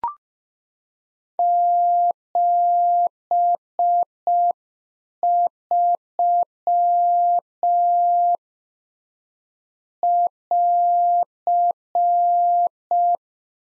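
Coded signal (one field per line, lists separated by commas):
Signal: Morse code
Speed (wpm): 5 wpm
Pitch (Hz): 700 Hz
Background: none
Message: 73 <AR>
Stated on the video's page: Practice QSO ending segment (pleasantries, 73) sent at 5 wpm for head-copy drill, sent in Morse, spoken, then sent again.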